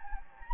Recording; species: mosquito wingbeat signal from an infrared sensor; Anopheles gambiae